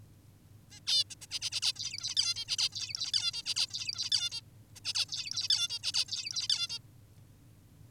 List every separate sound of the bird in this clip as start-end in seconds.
0.72-0.80, 0.87-1.04, 1.10-1.15, 1.22-1.26, 1.31-1.40, 1.42-1.50, 1.52-1.61, 1.62-1.73, 1.76-2.15, 2.17-2.34, 2.36-2.45, 2.48-2.57, 2.58-2.69, 2.72-3.12, 3.14-3.32, 3.33-3.43, 3.46-3.54, 3.56-3.67, 3.70-4.10, 4.12-4.30, 4.32-4.41, 4.76-4.80, 4.85-4.94, 4.95-5.06, 5.09-5.48, 5.50-5.68, 5.70-5.79, 5.83-5.92, 5.94-6.05, 6.08-6.48, 6.50-6.68, 6.69-6.79